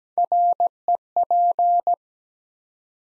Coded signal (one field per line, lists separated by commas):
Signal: Morse code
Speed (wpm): 17 wpm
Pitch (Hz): 700 Hz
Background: none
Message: REP